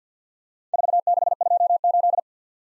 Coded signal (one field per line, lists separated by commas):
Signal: Morse code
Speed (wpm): 52 wpm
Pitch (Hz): 700 Hz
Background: none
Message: 4628